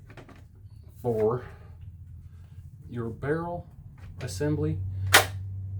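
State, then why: Seated. Someone talks while the barrel assembly of a Stoeger M3500 shotgun is pushed onto the receiver. A single sharp metallic click sounds at 5.2 s as it locks down. The assembly is seated and judged good.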